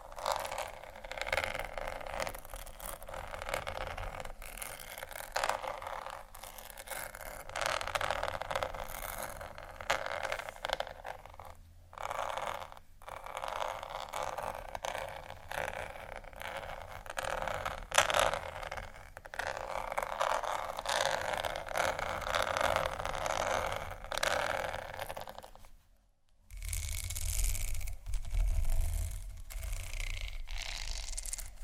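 Scratching fills the recording with a dense run of short, crackly strokes. They repeat quickly and unevenly over a steady low rumble. A couple of brief silences come near twelve and twenty-six seconds, and after the second one the sound turns heavier and rougher.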